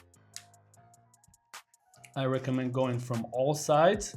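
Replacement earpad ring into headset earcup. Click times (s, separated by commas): 0.4 s, 2.1 s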